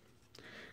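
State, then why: Seated. A small plastic transforming toy that turns from a cube into a mammoth, made by 52Toys (Beast Box Moma), has its front leg rotated down and its leg peg pushed into the body socket. A sharp click at 0.4 s shows the peg seating into place, followed by a faint, steady hiss.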